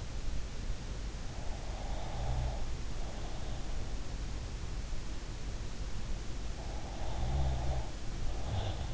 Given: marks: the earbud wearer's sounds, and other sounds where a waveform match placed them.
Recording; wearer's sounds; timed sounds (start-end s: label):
sounds in sleep by an in-ear microphone; breath, snoring breath
1.41-3.77 s: breath
6.52-8.94 s: snoring breath